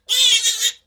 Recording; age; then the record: pig call; piglet (1 to 25 days)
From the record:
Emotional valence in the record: negative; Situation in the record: restrain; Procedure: back test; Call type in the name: high-frequency call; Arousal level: medium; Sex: female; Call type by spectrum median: high-frequency call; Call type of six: high-frequency stable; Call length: 0.86 s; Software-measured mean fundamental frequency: 287 Hz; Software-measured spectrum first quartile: 3400 Hz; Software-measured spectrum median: 4255 Hz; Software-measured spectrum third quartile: 6918 Hz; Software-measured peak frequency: 3624 Hz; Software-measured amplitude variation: 216 dB a second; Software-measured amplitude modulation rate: 11.0 a second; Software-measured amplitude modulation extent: 19.6 dB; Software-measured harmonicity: 5.8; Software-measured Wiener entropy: -2.31